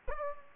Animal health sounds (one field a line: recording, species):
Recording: mosquito wingbeat signal from an infrared sensor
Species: Aedes aegypti